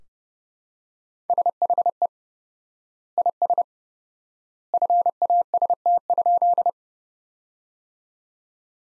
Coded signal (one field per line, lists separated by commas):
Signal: Morse code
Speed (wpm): 32 wpm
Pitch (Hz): 700 Hz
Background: none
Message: SHE IS FAST?